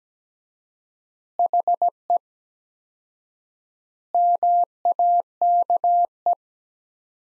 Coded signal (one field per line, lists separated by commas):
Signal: Morse code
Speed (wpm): 17 wpm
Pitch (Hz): 700 Hz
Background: none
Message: HE MAKE